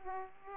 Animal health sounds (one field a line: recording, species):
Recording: mosquito wingbeat signal from an infrared sensor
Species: Aedes aegypti